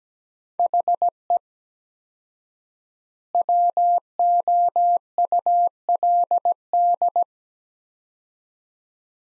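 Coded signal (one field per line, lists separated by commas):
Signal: Morse code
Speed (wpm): 17 wpm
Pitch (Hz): 700 Hz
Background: none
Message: HE WOULD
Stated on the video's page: Morse code practice of two-word sets at 17 wpm with 4x word spacing, a Farnsworth-like method for head-copy.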